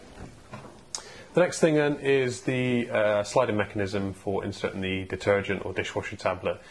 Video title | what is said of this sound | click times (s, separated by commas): Bosch Serie 4 Dishwasher Review | I close the door you don't have to put a lot of effort into it it more or less does it itself and you can hear the audible click of | 0.9 s